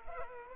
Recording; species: mosquito wingbeat signal from an infrared sensor; Culex pipiens